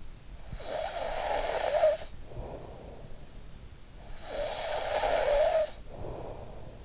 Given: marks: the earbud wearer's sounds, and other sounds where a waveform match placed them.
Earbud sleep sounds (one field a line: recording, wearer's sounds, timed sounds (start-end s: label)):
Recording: sounds in sleep by an in-ear microphone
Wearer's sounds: snoring breath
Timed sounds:
0.17-2.85 s: snoring breath
3.88-6.85 s: snoring breath